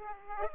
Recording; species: mosquito wingbeat signal from an infrared sensor; Aedes aegypti